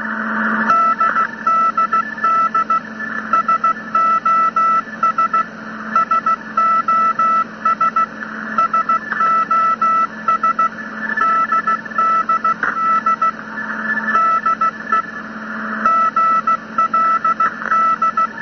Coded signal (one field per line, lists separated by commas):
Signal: Morse code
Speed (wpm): 16 wpm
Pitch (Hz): 1320 Hz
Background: none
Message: DDD SOS SOS SOS DDD DE GLD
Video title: Morse Code Vs The Widow Maker